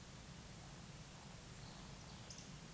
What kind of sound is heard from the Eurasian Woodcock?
whistle, croak